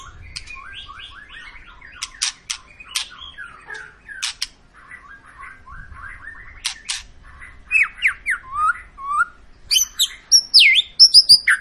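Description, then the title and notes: White-rumped shama singing a long varied phrase of quick whistled notes and clicks, building toward louder, rapidly repeated whistles at the end. Long lure song of an actively singing (gacor) white-rumped shama, played to prompt other birds to sing. "Pancingan Murai Batu Gacor Panjang. muraiku"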